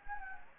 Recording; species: mosquito wingbeat signal from an infrared sensor; Anopheles gambiae